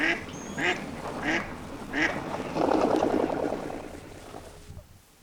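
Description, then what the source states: Duck quacks: four nasal quacks spaced under a second apart, followed by a rough, noisy burst that fades away. On a pond.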